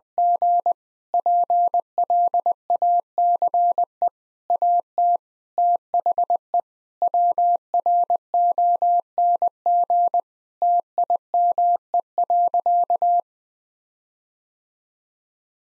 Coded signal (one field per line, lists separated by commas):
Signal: Morse code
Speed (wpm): 21 wpm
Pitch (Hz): 700 Hz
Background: none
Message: G PLACE AT THE WRONG TIME.